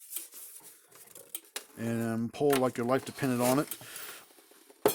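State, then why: Seated. A wire is pulled hard so its terminal draws into the connector housing of a Gallagher S20/S50 fence charger's wire harness during a rewire repair. Someone talks over faint handling clicks. The terminal snaps into the housing and seats at 4.9 s with a sharp click.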